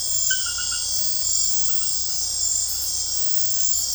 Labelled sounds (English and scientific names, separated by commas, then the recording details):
none
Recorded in dense forest near Puerto Asís, Putumayo, Colombia, on 21 February 2024 at 01:00
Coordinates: 0.487, -76.319
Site G6403